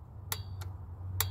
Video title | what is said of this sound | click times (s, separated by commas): How To Change Spark Plugs (2018 Ford F150 2.7 Ecoboost) Easy to do in 20 minutes! | There it is. We'll get it 3 clicks. | 0.3 s, 1.2 s